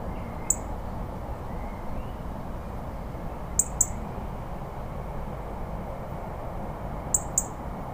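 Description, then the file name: European Robin uttering sparse, thin, high-pitched ticks, singly or in pairs, a few seconds apart against a constant low background hum. "Erithacus rubecula - European Robin"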